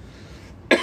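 A single abrupt, harsh cough burst after a quiet pause, from an adult man with a lingering cough that brings up phlegm in the morning.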